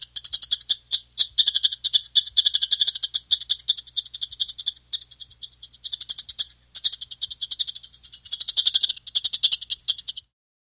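Chipmunk chatter: quick strings of sharp, high clicking chips in uneven bursts, pausing briefly, then resuming before stopping near the end.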